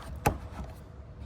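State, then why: Seated. A latch on a van roof hatch frame is set so it holds the hatch slightly open in the vent position. A single sharp click is heard at 0.3 s over a quiet background, and the latch locks in place.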